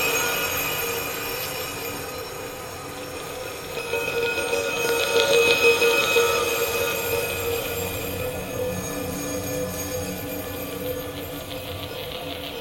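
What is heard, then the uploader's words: Chinese metal Baoding balls, heavily processed into a dense, continuous ringing drone of layered steady tones, with a shimmering high edge. The sound swells around four to seven seconds with rapid fluttering pulses, then settles to a slightly quieter sustained wash through the end. Made from around 20 seconds of a contact microphone recording of chinese metal Baoding balls, heavily processed and repeated, remixed in Reaper.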